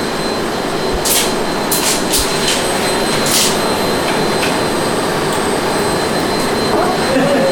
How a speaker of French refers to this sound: Bon, ils vont enregistrer le bruit d'aspirateur, madame. Vous pouvez laisser allumer. Ah oui. Oui, on est intéressé au bruit.